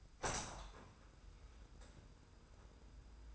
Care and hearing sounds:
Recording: daily activity, microphone in the room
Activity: open window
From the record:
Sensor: 2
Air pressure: 990.2 hPa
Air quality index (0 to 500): 196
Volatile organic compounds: 1000 ppm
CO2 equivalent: 6267 ppm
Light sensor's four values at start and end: 24/56/23/23 and 24/56/23/23

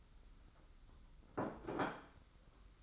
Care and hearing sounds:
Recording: daily activity, microphone in the room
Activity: place plate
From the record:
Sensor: 3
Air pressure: 991.7 hPa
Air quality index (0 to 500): 181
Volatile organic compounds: 1000 ppm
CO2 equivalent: 6049 ppm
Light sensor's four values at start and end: 33/97/39/34 and 33/98/40/35

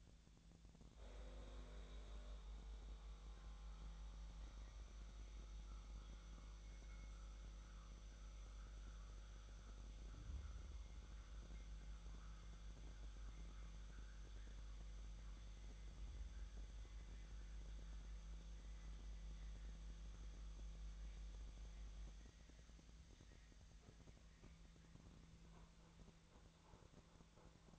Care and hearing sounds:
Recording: daily activity, microphone in the room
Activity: make coffee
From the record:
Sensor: 3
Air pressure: 1000.3 hPa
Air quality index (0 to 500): 147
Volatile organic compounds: 2 ppm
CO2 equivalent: 1297 ppm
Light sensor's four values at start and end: 35/86/37/40 and 35/87/37/40

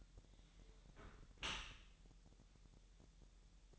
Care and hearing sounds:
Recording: daily activity, microphone in the room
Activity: close dishwasher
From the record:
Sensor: 3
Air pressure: 1000.6 hPa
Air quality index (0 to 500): 248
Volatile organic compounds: 172 ppm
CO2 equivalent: 4114 ppm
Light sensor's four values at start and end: 11/25/10/10 and 11/25/10/10

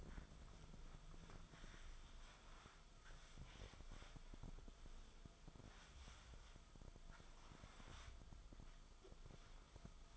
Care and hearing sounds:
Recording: daily activity, microphone in the room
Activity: wipe stove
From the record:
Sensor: 5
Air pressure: 1004.9 hPa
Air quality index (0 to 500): 101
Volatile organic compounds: 2 ppm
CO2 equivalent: 1226 ppm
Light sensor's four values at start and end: 33/74/31/31 and 33/75/31/31

